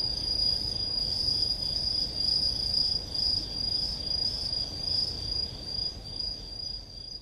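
Aomatsumushi tree cricket giving an unbroken high, bright trill that swells and fades a little, then weakens toward the end, over low background noise.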